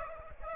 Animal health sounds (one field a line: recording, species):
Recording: mosquito wingbeat signal from an infrared sensor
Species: Aedes aegypti